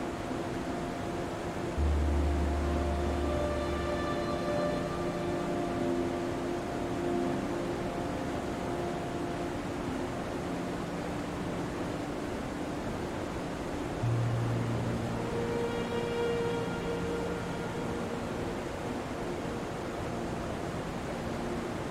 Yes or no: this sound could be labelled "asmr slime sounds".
no